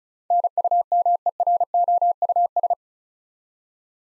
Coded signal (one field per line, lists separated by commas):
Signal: Morse code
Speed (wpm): 36 wpm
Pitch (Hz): 700 Hz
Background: none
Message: NUMEROUS